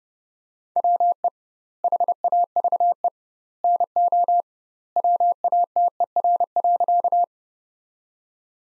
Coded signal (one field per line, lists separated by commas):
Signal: Morse code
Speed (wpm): 30 wpm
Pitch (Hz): 700 Hz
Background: none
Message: WE HAVE NO WATER.